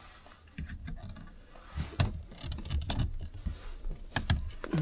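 A small cable's connector is pushed by hand into its socket on an EcoFlow Alternator Supercharger 800W fitted in an Opel Vivaro van. Soft handling and rustling run through the clip, with several sharp taps along the way, before a crisp click at 4.3 s. The connector is seated.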